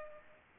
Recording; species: mosquito wingbeat signal from an infrared sensor; Culex pipiens